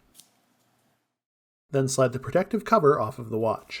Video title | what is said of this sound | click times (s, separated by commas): Apple Watch 6th Generation Setup and Rundown! | let's set it up slide the bands into the watch until you hear a click | 0.2 s